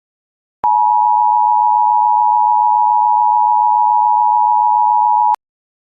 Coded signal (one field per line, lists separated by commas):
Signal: Emergency Alert System (SAME) tones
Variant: 853 and 960 Hz attention tone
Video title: The Brookhaven hurricane (eas scenario) @PlayAllDay pt.1